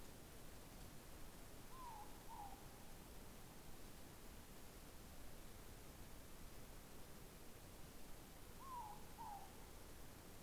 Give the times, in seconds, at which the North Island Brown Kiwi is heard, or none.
none